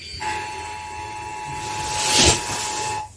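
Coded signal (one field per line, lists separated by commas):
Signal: Emergency Alert System (SAME) tones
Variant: 853 and 960 Hz attention tone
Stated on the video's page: Fictional concept EAS alarm for Chromebooks.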